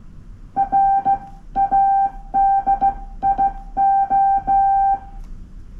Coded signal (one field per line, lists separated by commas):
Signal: Morse code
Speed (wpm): 16 wpm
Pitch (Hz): 790 Hz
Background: music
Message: RADIO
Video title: Let's tweet by morse code モールスでつぶやく No.5